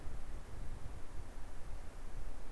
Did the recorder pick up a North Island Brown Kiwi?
no